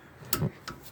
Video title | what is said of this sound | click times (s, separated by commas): Lawn Care Van Conversion Series - #2 I Need a Brake (The Unexpected Happened) | all right there you hear the click | 0.3 s